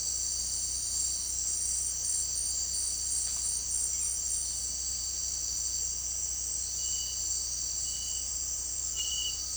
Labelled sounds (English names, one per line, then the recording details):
none
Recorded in secondary vegetation near Puerto Asís, Putumayo, Colombia, on 25 June 2025 at 17:30
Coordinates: 0.499, -76.323
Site G077